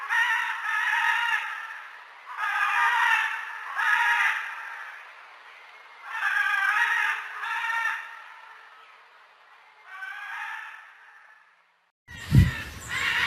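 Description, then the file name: Military macaw giving bursts of grating, harsh squawks in groups of two to four, with a sharp knock near the end. "canto del guacamayo militar"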